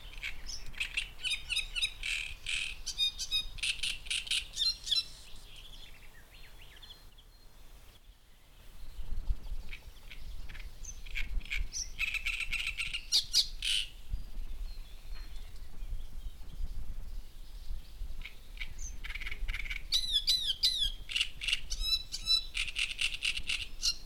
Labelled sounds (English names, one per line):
Great Reed Warbler